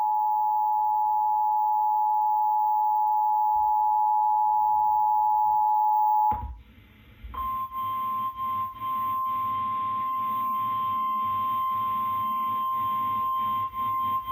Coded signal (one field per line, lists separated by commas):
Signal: Emergency Alert System (SAME) tones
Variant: 853 and 960 Hz attention tone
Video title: Severe Thunderstorm Warning EAS (Cox) 3/16/25